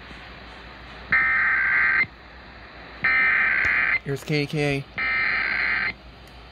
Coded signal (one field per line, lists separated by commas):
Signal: Emergency Alert System (SAME) tones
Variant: header bursts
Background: speech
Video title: EAS #172-173: Pennsylvania Required Monthly Test || 7/15/21